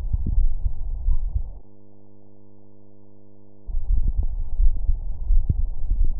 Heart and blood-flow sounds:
heart sounds
not marked
From the record:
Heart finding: coronary artery disease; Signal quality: poor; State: rest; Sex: male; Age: 53 years

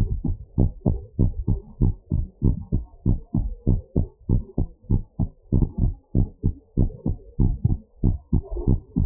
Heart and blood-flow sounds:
heart sounds
0.00	0.10	S1
0.10	0.26	systole
0.26	0.36	S2
0.36	0.58	diastole
0.58	0.70	S1
0.70	0.86	systole
0.86	0.98	S2
0.98	1.20	diastole
1.20	1.34	S1
1.34	1.50	systole
1.50	1.60	S2
1.60	1.82	diastole
1.82	1.96	S1
1.96	2.14	systole
2.14	2.24	S2
2.24	2.44	diastole
2.44	2.56	S1
2.56	2.74	systole
2.74	2.84	S2
2.84	3.08	diastole
3.08	3.20	S1
3.20	3.36	systole
3.36	3.46	S2
3.46	3.68	diastole
3.68	3.80	S1
3.80	3.98	systole
3.98	4.08	S2
4.08	4.30	diastole
4.30	4.42	S1
4.42	4.58	systole
4.58	4.68	S2
4.68	4.92	diastole
4.92	5.02	S1
5.02	5.20	systole
5.20	5.30	S2
5.30	5.54	diastole
5.54	5.70	S1
5.70	5.84	systole
5.84	5.94	S2
5.94	6.16	diastole
6.16	6.28	S1
6.28	6.46	systole
6.46	6.56	S2
6.56	6.78	diastole
6.78	6.90	S1
6.90	7.06	systole
7.06	7.16	S2
7.16	7.40	diastole
7.40	7.52	S1
7.52	7.66	systole
7.66	7.78	S2
7.78	8.04	diastole
8.04	8.16	S1
8.16	8.34	systole
8.34	8.44	S2
8.44	8.68	diastole
8.68	8.80	S1
8.80	8.98	systole
8.98	9.06	S2
From the record:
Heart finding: normal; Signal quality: good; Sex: female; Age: 67 years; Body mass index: 30.6

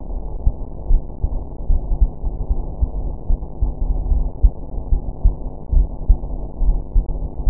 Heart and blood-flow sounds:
heart sounds
0.00	0.12	diastole
0.12	0.22	S1
0.22	0.42	systole
0.42	0.52	S2
0.52	0.90	diastole
0.90	1.02	S1
1.02	1.22	systole
1.22	1.30	S2
1.30	1.70	diastole
1.70	1.82	S1
1.82	2.00	systole
2.00	2.10	S2
2.10	2.50	diastole
2.50	2.60	S1
2.60	2.80	systole
2.80	2.90	S2
2.90	3.30	diastole
3.30	3.40	S1
3.40	3.62	systole
3.62	3.72	S2
3.72	4.08	diastole
4.08	4.24	S1
4.24	4.42	systole
4.42	4.52	S2
4.52	4.90	diastole
4.90	5.02	S1
5.02	5.24	systole
5.24	5.34	S2
5.34	5.72	diastole
5.72	5.88	S1
5.88	6.08	systole
6.08	6.18	S2
6.18	6.62	diastole
6.62	6.78	S1
6.78	6.96	systole
6.96	7.06	S2
7.06	7.46	diastole
7.46	7.50	S1
From the record:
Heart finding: coronary artery disease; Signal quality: good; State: rest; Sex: female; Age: 53 years

